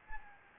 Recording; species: mosquito wingbeat signal from an infrared sensor; Anopheles gambiae